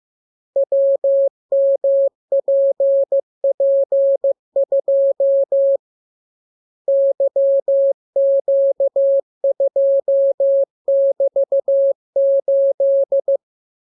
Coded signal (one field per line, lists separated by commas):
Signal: Morse code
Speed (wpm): 15 wpm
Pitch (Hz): 550 Hz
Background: none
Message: WMPP2 YQ2<BT>8